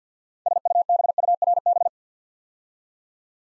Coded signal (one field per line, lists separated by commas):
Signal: Morse code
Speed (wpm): 50 wpm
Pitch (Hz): 700 Hz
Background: none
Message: SUBURB